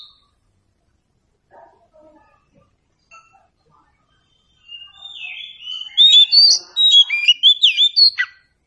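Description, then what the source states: Oriental magpie-robin starts with scattered soft notes, then builds into a loud, rapid string of varied whistles and slurred phrases. Indonesian title says the recording is meant to make magpie-robins sing in reply.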